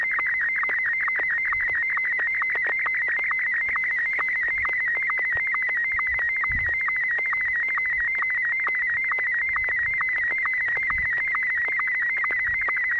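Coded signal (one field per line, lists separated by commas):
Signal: SSTV (slow-scan television)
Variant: Martin M1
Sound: warbling whistling tone with steady rhythmic ticks about twice a second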